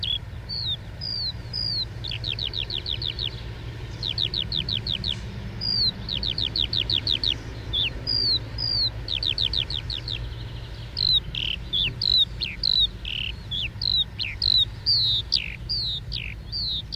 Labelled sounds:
Eurasian Skylark flight song
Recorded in the wild
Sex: male
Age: adult
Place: Röttenbach, Bayern, DE
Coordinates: 49.665, 10.9544
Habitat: edge of the woods, wet meadow
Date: 1964-06-27
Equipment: Original, Vollspur, Parabolspiegel Grampian
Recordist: Tretzel, Erwin

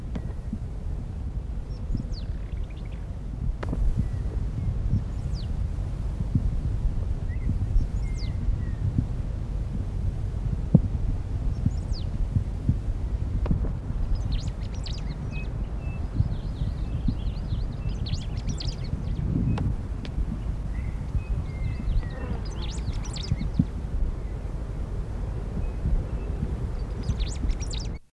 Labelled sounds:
Black-and-rufous Warbling Finch call
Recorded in the wild
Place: El Palmar-Nationalpark, AR
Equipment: Halbspur, 9,5 cm/s
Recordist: Lütgens, Hans
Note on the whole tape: Rufe

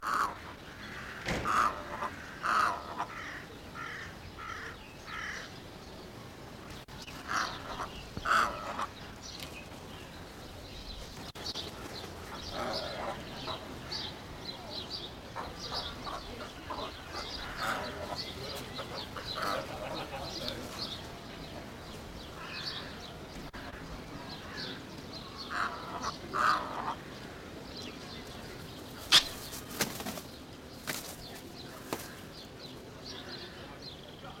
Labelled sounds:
White-faced Heron call
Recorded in captivity
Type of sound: call, call sequence
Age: adult
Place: Zoo Berlin, Berlin, DE
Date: 1992-04-04 11:20
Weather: bedeckt, 5-8°C
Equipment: Nagra SN, Mikrofon AKG CK 8, Kopie Tesla B 116
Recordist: Tembrock, Günter
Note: Langlaute, dann Begegnung (agonistisch), 1 Tier Kurzlaut (Abwehr), dann Imponieren am Boden (beide)

